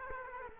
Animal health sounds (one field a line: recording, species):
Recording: mosquito wingbeat signal from an infrared sensor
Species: Culex quinquefasciatus